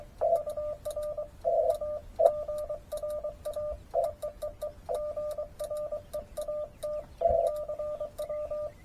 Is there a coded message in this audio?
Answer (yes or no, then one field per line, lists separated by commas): yes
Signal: Morse code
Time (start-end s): 0.4-8.7 s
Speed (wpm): 23 wpm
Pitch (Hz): 1200 Hz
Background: radio noise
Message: UR AGRA EEEE GREAT CW